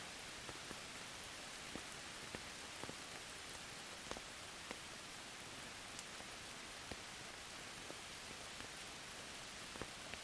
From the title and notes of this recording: Original recording was clipped but since it was recorded in 32 bit I was able to recover the lost dynamics and add compression in post. Soft rain and loud thunder in the Surrey Hills.